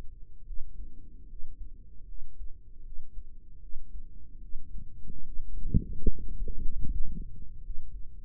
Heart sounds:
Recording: heart sounds by microphone in the right ear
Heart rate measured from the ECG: 75 bpm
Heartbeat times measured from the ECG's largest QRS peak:
0.43 s: heartbeat
1.26 s: heartbeat
2.05 s: heartbeat
2.82 s: heartbeat
3.59 s: heartbeat
4.39 s: heartbeat
5.22 s: heartbeat
6.06 s: heartbeat
6.85 s: heartbeat
7.60 s: heartbeat
From the record:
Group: healthy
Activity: rest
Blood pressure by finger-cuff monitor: 129/66 mmHg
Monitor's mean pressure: 83 mmHg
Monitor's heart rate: 75 bpm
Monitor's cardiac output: 6.2 L/min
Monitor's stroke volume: 83 mL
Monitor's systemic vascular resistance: 980 dyn s/cm5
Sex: female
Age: 32 years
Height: 168 cm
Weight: 61.9 kg

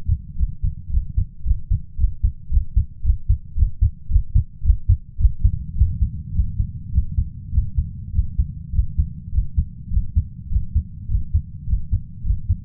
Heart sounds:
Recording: heart sounds by stethoscope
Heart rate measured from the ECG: 106 bpm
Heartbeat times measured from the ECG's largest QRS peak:
0.35 s: heartbeat
0.89 s: heartbeat
1.43 s: heartbeat
1.96 s: heartbeat
2.49 s: heartbeat
3.02 s: heartbeat
3.54 s: heartbeat
4.08 s: heartbeat
4.62 s: heartbeat
5.17 s: heartbeat
5.75 s: heartbeat
6.32 s: heartbeat
6.91 s: heartbeat
7.51 s: heartbeat
8.12 s: heartbeat
8.72 s: heartbeat
9.31 s: heartbeat
9.90 s: heartbeat
10.49 s: heartbeat
11.07 s: heartbeat
11.66 s: heartbeat
12.23 s: heartbeat
From the record:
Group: healthy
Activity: Valsalva maneuver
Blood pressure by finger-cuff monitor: 110/77 mmHg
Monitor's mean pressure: 85 mmHg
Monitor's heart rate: 105 bpm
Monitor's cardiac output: 6.5 L/min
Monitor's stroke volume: 61 mL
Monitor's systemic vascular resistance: 950 dyn s/cm5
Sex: male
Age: 21 years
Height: 170 cm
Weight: 71 kg

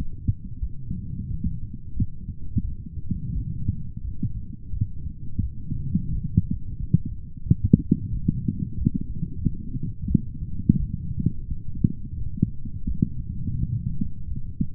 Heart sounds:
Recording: heart sounds by stethoscope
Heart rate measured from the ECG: 88 bpm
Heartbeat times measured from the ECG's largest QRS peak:
0.60 s: heartbeat
1.29 s: heartbeat
1.95 s: heartbeat
2.62 s: heartbeat
3.33 s: heartbeat
4.03 s: heartbeat
4.71 s: heartbeat
5.41 s: heartbeat
6.11 s: heartbeat
6.78 s: heartbeat
7.44 s: heartbeat
8.11 s: heartbeat
8.76 s: heartbeat
9.41 s: heartbeat
10.08 s: heartbeat
10.78 s: heartbeat
11.46 s: heartbeat
12.15 s: heartbeat
12.86 s: heartbeat
13.57 s: heartbeat
14.26 s: heartbeat
From the record:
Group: healthy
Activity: light exercise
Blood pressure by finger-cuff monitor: 113/73 mmHg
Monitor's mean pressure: 84 mmHg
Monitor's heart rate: 88 bpm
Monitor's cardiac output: 6.5 L/min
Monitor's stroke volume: 73 mL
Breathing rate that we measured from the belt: 25 breaths a minute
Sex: female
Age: 36 years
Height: 163 cm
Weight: 88 kg

